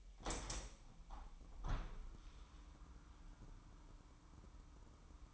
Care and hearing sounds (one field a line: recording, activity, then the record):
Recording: daily activity, microphone in the room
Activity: open window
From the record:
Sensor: 1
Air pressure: 998.1 hPa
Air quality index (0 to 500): 141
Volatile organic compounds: 4 ppm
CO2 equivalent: 1685 ppm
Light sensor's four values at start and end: 16/54/21/22 and 16/54/21/22